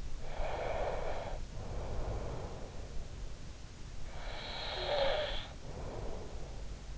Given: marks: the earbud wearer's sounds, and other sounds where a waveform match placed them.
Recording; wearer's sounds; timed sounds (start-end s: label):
sounds in sleep by an in-ear microphone; breath, snoring breath
0.31-2.83 s: breath
4.17-6.67 s: snoring breath